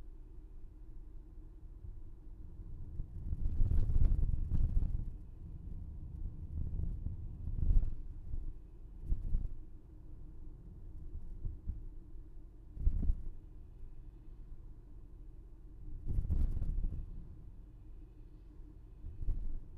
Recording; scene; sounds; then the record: everyday scene through a hearing-aid microphone; in a vehicle; engine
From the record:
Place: VW T5 Caravelle, diesel engine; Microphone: behind the ear, left, rear